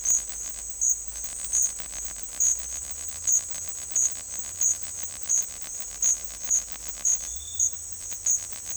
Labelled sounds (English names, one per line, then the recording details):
none
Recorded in dense forest near Puerto Asís, Putumayo, Colombia, on 20 December 2024 at 11:00
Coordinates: 0.482, -76.320
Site G021